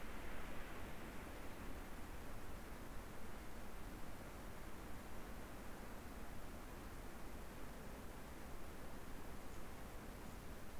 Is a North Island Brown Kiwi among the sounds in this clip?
no